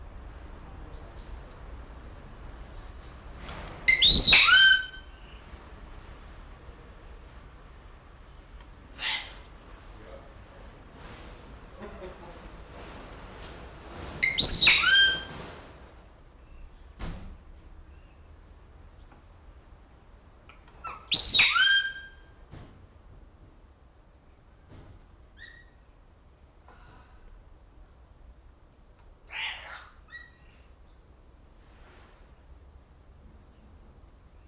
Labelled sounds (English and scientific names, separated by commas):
Palm Cockatoo (Probosciger aterrimus)